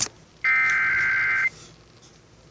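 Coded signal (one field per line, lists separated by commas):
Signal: Emergency Alert System (SAME) tones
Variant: header bursts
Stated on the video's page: Severe thunderstorm warning on AM/FM radio.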